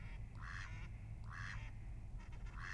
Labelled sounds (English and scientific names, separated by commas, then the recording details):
Mallard (Anas platyrhynchos)
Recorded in Germany
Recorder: ecoPi